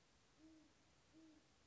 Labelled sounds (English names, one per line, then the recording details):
Great Horned Owl
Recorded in Sonoma County, California